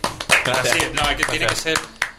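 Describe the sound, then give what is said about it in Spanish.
A small group of people in the studio of the show Amor De Robot applauds, a dense, steady patter of many hands clapping at once for a couple of seconds, with voices faintly mixed in beneath the claps. “Vamos a dar un aplauso, un segundo, vamos a dar un aplauso”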